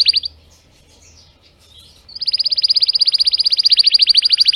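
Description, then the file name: Canary gives a brief trill, falls quiet for about two seconds, then launches into a long, fast, steady trill. Singing Belgian canary, red frosted colour variety. "canto do canario belga vermelho nevado"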